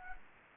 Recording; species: mosquito wingbeat signal from an infrared sensor; Anopheles gambiae